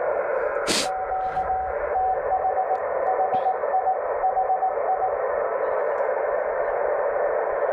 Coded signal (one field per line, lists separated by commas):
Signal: Morse code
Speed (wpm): 18 wpm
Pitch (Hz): 750 Hz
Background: radio noise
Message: QTH HI HI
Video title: Morse Code QSOs on 18 MHz - Parks on the Air Activation